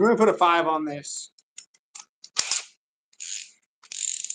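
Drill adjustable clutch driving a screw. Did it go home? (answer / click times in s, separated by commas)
yes / 4.1 s, 4.2 s, 4.3 s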